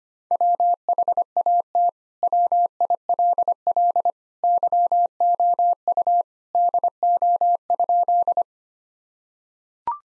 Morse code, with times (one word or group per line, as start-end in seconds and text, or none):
0.3-1.9 WHAT
2.2-4.1 WILL
4.4-6.2 YOU
6.5-8.4 DO?